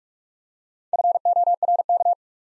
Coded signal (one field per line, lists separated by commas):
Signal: Morse code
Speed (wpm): 44 wpm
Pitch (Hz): 700 Hz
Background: none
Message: FORK